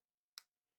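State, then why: Seated. A CJRB folding pocket knife's blade is opened and its button lock plunger springs into the blade's lock notch, locking the blade open. A single sharp, solid click is heard at 0.4 s against near silence, and the lock is seated.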